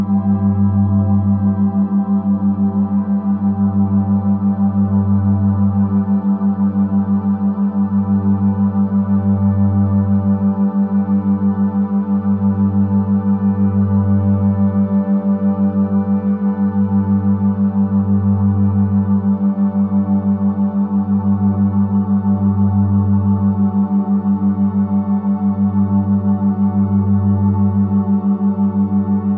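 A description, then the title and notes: A steady low tone hums continuously near 196 Hz, with a slow, regular pulsing throb in the deep bass and faint higher overtones. Restful Brain Waves 11Hz + 196Hz.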